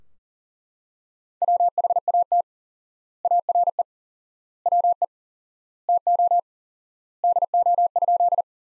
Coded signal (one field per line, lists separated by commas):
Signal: Morse code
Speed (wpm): 40 wpm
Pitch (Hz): 700 Hz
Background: none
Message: WHAT ARE WE TO DO?